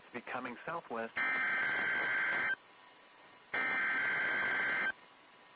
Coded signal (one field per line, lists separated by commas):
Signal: Emergency Alert System (SAME) tones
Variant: header bursts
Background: speech